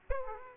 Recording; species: mosquito wingbeat signal from an infrared sensor; Aedes aegypti